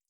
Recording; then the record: hydrophone in a shrimp aquaculture tank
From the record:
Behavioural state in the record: feeding